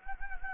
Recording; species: mosquito wingbeat signal from an infrared sensor; Anopheles gambiae